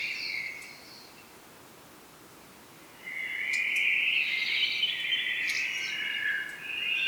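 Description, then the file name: Common blackbird with a short phrase, a silent stretch, then a long mellow warble topped by high squeaky notes. "Turdus merula"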